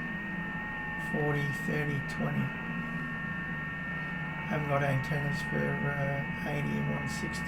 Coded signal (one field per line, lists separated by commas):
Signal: FT8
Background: speech